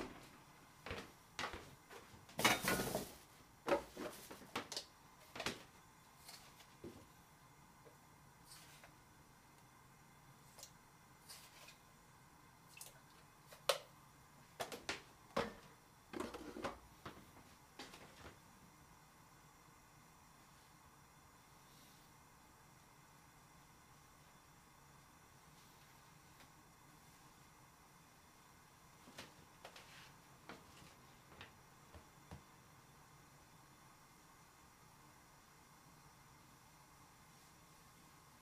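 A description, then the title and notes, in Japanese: Sounds from making tomato sauce pasta: a loud clatter near the start, then scattered knocks, clinks and taps of utensils and cookware through the first twenty seconds. After a quiet stretch with a low steady hum, a few more clicks return around thirty seconds. 環境音 トマトソースパスタの一部始終。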